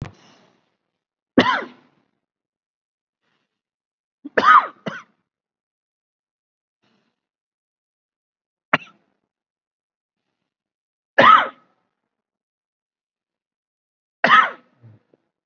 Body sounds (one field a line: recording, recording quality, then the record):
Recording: deep breathing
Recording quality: poor, much background noise or distortion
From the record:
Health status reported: COVID-19 positive, moderate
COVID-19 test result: positive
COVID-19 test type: RT-PCR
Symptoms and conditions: cough, breathing difficulty, fever, fatigue, muscle pain, loss of smell and taste, hypertension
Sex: male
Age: 50 years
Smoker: no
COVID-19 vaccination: both doses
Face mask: worn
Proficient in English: no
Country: India